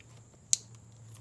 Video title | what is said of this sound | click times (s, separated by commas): 2006-2012 Toyota Rav4 Limited - ignition coil connector replacement | so you could kind of hear it snap into place so | 0.5 s